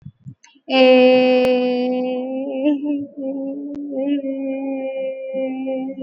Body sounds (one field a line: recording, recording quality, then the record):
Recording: sustained vowel as in made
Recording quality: excellent, no background noise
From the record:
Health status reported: recovered from COVID-19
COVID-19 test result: negative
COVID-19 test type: RT-PCR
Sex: female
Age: 29 years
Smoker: no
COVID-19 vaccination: both doses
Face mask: worn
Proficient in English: yes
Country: India